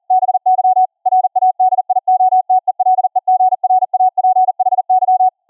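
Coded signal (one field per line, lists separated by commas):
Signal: Morse code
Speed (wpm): 41 wpm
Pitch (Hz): 740 Hz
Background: none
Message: BY RADIOTELEGRAPHY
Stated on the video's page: Software-generated CW copy-by-ear practice at 40 wpm, about 20.2 kHz VLF, through a class D amp into a ferrite rod transmit antenna, received on another ferrite antenna.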